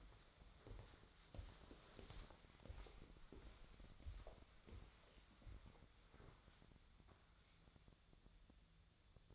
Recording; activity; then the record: daily activity, microphone in the room; walk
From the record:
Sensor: 3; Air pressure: 1015.3 hPa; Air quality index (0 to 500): 130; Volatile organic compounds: 6 ppm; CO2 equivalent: 1839 ppm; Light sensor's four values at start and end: 14/37/15/16 and 15/39/15/16